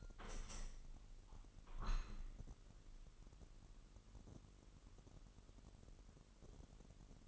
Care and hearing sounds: daily activity, microphone in the room; open window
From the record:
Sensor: 4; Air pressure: 998.8 hPa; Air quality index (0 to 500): 119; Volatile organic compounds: 2 ppm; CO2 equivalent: 1174 ppm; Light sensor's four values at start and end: 9/23/9/10 and 9/23/9/10

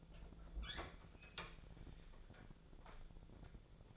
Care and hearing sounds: daily activity, microphone in the room; open fridge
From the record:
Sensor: 5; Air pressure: 1000.2 hPa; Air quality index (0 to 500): 100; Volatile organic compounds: 1 ppm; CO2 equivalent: 816 ppm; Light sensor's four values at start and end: 240/570/244/268 and 244/579/248/272

